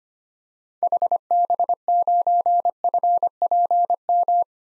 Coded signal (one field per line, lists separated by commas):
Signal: Morse code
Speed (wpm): 25 wpm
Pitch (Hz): 700 Hz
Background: none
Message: HB9FPM